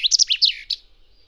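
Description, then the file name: Common chaffinch giving a brief burst of sharp, high chirping notes in quick succession, fading out after under a second against a quiet background. "Fringilla coelebs"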